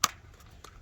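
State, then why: Seated. A tabbed plastic part, pulled out of the steering column of a 1987 Chevy 1500 pickup truck, is lined up by its small tab and pushed back into its slot. One sharp, loud, bright snap at 0.0 s seats it back into place. A much fainter tick follows near 0.7 s.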